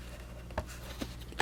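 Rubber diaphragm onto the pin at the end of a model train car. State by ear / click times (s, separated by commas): not seated / none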